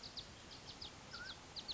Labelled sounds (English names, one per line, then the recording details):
Mountain Quail
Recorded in Sonoma County, California